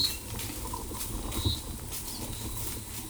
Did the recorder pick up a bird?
no